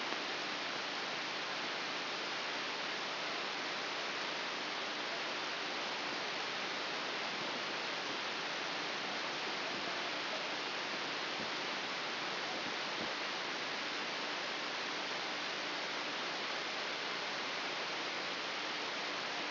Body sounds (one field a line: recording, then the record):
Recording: brain microelectrode recording played as sound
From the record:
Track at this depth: inside the subthalamic nucleus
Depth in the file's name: 3.099 mm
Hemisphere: left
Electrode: 3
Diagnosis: Parkinson's disease